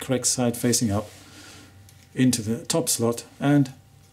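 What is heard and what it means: A filter holder, the second filter with the correct side facing up, is handled and pushed toward the top slot of a plastic filter block on a microscope while someone talks. Nothing has seated or clicked yet.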